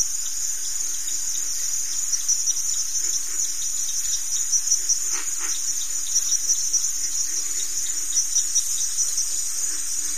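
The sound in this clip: Continuous high, shimmering cricket trill holding steady throughout, with light scattered ticks underneath.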